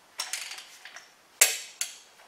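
A click-type torque wrench tightens a bolt on a Cummins 12 valve engine with nice, even pressure, making a few light metallic ticks early on. A sharp, loud click at 1.4 s shows the wrench has reached its torque setting, followed by one fainter tick at about 1.8 s.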